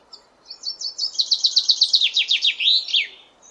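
Common chaffinch song: a bright series of repeated high notes that drops in pitch, ending in a short flourish, over a quiet background.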